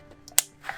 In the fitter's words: and this will snap right in place